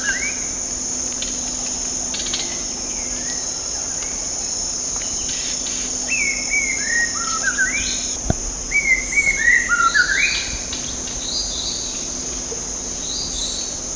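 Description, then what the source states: White-rumped shama singing a run of slurred, descending whistled notes in the second half, with a constant high-pitched insect hum throughout and a single sharp click. Recorded at Danum on 8 August 2009.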